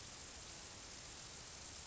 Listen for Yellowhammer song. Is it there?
no